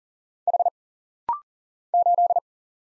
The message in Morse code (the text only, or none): H 8